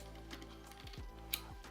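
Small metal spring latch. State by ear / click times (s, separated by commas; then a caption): released / 1.3 s. Silver buttons are pressed to release the jaws of the fast release dropouts on a bike pannier rack, before the dropouts are guided over the axle ends. Over steady background music with a few soft taps, a single sharp mechanical click sounds at 1.3 s as the jaw releases open.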